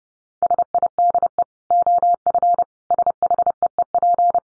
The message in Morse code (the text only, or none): SIDE OF SHEEP